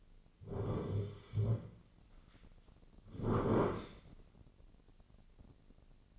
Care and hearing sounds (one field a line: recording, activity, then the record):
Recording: daily activity, microphone in the room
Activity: sit down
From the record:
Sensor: 4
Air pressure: 1010.0 hPa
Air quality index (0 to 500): 196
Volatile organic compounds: 3 ppm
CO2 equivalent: 1408 ppm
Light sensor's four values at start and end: 40/98/41/44 and 40/98/41/44